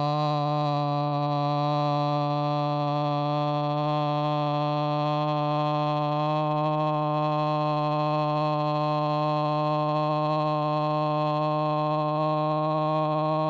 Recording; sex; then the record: sustained vowel /o/; male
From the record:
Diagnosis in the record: Parkinson's disease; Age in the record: 75 years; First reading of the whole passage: 62 s, 8.3 characters per second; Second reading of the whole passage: 57 s, 9.2 characters per second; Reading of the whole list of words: 53 s, 5.3 characters per second